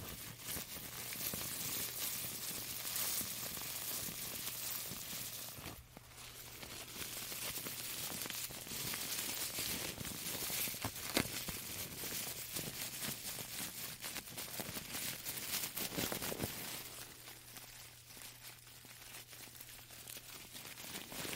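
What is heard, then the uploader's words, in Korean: A tea bag is handled in dense, continuous crinkly rustling with scattered sharper crackles, over a steady low hum throughout. ASMR 조곤 조곤 듣기 좋은 티백 만지는 소리.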